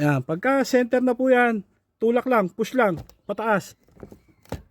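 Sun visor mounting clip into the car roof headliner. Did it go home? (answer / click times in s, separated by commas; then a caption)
yes / 4.5 s. A sun visor mount is centred on its white clip in the car roof headliner and pushed upward while someone talks. After a few faint taps, it locks into the clip with a short click at 4.5 s.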